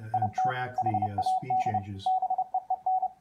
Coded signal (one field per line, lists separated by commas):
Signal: Morse code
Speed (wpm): 30 wpm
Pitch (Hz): 750 Hz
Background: speech, radio noise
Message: IT HAD BEEN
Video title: WD9DMP's build of the K3NG CW Keyer and Decoder